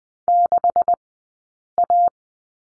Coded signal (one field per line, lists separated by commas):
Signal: Morse code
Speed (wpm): 20 wpm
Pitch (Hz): 700 Hz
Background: none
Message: 6A